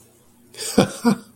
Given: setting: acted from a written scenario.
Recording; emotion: vocal sound without words; amusement